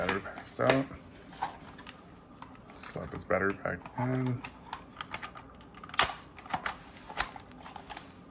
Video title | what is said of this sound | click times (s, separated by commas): Dyson V7 vacuum with Dewalt battery adapter upgrade conversion | then this locks in place. Like that. | 6.0 s